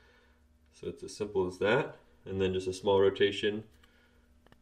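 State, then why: Released. Someone talks as a furry foam windscreen (dead cat) is given a small rotation on the compact transmitter of a Great Video Maker KKX VK2 two-person digital wireless microphone system. Two quick soft ticks at 4.5 s and 4.5 s mark the windscreen releasing and coming off its mount.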